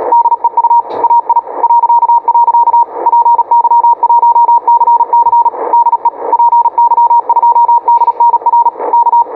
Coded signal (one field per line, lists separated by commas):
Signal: Morse code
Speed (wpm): 37 wpm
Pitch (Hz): 940 Hz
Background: radio noise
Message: DEU AI .. PY1CC DE PY2DNR K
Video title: QSO em CW.